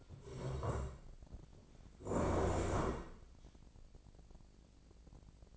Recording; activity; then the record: daily activity, microphone in the room; stand up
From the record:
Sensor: 5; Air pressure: 1012.4 hPa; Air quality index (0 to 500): 161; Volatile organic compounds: 2 ppm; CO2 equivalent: 1101 ppm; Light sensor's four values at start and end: 268/639/274/305 and 268/638/273/305